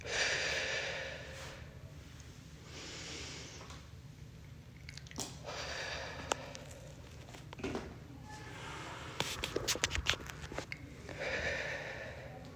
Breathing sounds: deep breathing after running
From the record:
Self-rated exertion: light exertion (2 of 6); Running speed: 5 miles an hour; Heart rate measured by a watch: 57 beats a minute at the start, 54 at the end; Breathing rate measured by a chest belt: 9 breaths a minute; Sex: female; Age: 62 years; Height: 160 cm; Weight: 54 kg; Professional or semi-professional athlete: no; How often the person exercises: 3 to 5 times a week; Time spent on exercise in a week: 3 to 4 hours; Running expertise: no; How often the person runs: 3 to 5 times a week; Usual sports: running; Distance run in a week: 30 km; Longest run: 42 km

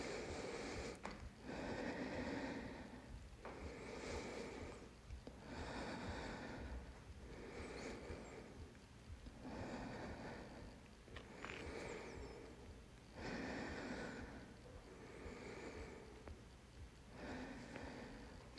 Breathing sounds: deep breathing after running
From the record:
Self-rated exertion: vigorous exertion (4 of 6); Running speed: 8 miles an hour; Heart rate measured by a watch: 126 beats a minute at the start, 119 at the end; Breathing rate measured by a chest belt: 31 breaths a minute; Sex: female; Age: 26 years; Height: 172 cm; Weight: 60 kg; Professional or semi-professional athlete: no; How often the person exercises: over 5 times a week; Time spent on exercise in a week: over 5 hours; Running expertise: yes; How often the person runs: 3 to 5 times a week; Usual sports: running, interval training, yoga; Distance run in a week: 50 km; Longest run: 21 km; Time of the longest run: 122 minutes

